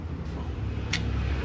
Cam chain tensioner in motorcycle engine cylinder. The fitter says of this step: mengunci guys.